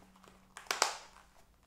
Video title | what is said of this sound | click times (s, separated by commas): Glock 19 Holster IWB Review - Torsion 3.0 by Bravo Concealment | So snaps right in, looks pretty secure. | 0.7 s, 0.8 s